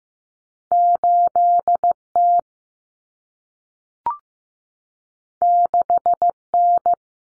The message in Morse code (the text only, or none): 8T 6N